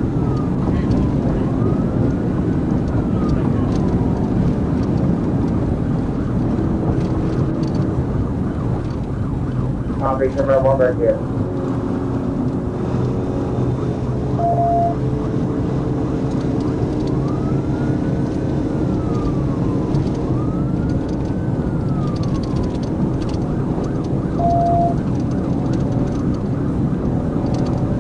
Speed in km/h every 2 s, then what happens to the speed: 227, 225, 221, 203, 180, 175, 179, 192, 198, 201, 203, 206, 212, 217.
0-10 brakes to 175. 10-28 speeds up to 217.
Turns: none.